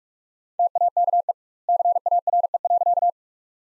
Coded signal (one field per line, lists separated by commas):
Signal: Morse code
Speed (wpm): 46 wpm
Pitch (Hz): 700 Hz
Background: none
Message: TAKE CARE.